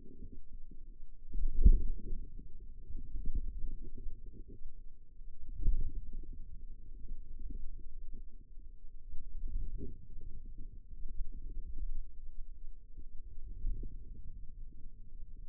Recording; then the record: forearm muscle sounds (acoustic myography)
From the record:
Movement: ulnar deviation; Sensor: system 2, bracelet of six BSWA MPA416 microphones around the upper forearm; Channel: 3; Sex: female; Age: 22 years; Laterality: right